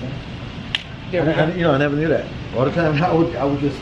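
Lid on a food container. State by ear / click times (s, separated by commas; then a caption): seated / 0.7 s. A takeout-style lid on a food container, not fully shut, is pressed closed and gives a sharp snap at 0.7 s as it seats. Afterward, someone talks.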